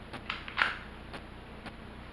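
A pistol is drawn out of a retention holster after the holster's retention lock is pressed down. The lock clicks at 0.3 s and again at 0.6 s as it releases the pistol, followed by quieter handling sounds.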